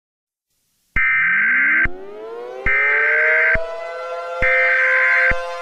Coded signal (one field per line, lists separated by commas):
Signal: Emergency Alert System (SAME) tones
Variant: header bursts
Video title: EAS Scenario: The Super Hurricane Alberto